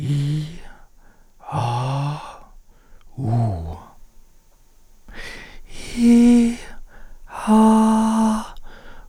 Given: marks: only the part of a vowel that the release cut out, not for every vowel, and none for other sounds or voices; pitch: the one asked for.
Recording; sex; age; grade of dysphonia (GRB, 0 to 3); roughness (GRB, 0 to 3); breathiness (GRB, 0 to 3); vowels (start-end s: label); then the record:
sustained vowels; male; 50 to 59 years; 3; 0; 3
0.00-0.52 s: vowel /i/, normal pitch
1.54-2.13 s: vowel /a/, normal pitch
3.19-3.71 s: vowel /u/, normal pitch
5.98-6.53 s: vowel /i/, high pitch
7.50-8.34 s: vowel /a/, high pitch
From the record:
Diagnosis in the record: psychogenic dysphonia, diplophonia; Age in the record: 58 years